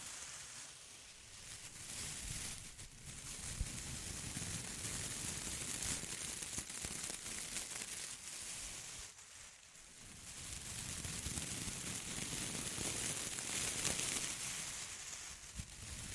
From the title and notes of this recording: ASMR Intense Close-Up Crinkles (No Talking).